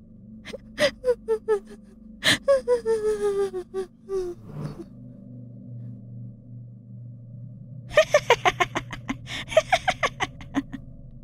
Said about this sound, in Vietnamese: Tiếng khóc nấc lên hai ba lần, sau đó lại ngưng.